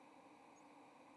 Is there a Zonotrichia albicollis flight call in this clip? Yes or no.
no